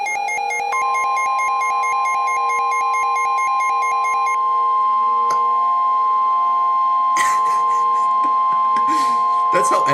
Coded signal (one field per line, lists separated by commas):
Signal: Emergency Alert System (SAME) tones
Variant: 1050 Hz attention tone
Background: speech